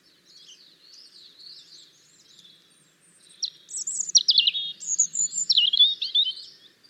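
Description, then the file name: European robin song: quiet, wavering high warbles, then a louder run of sharp, tumbling notes and rapid trills. "Erithacus rubecula"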